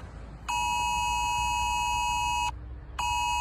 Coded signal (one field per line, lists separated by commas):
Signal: Emergency Alert System (SAME) tones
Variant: 853 and 960 Hz attention tone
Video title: UK emergency alert system #emergencyalertsystem #challenge #viralshort #interestingfacts